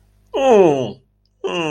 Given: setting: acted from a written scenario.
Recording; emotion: vocal sound without words; disgust